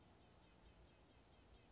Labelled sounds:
Western Flycatcher
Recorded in Sonoma County, California

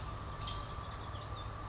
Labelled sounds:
American Robin
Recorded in Sonoma County, California

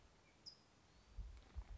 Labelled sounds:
California Towhee
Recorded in Sonoma County, California

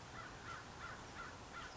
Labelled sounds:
American Crow
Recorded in Sonoma County, California

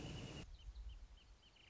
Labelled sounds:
Wrentit
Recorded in Sonoma County, California

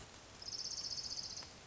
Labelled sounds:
Orange-crowned Warbler
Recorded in Sonoma County, California

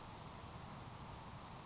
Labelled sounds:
Grasshopper Sparrow
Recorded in Sonoma County, California

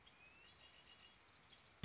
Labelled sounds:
Red-winged Blackbird
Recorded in Sonoma County, California

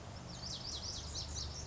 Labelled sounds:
Lazuli Bunting
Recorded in Sonoma County, California

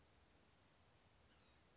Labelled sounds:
Blue-gray Gnatcatcher
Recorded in Sonoma County, California

